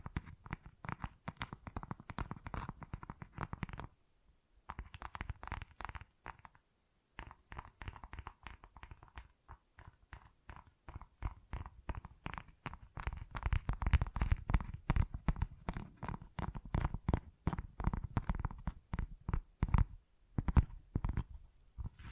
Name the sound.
Tingly Textures Tapping and Scratching